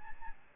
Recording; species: mosquito wingbeat signal from an infrared sensor; Aedes albopictus